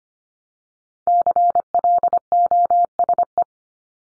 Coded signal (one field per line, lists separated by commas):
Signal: Morse code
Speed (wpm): 25 wpm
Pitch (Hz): 700 Hz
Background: none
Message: CLOSE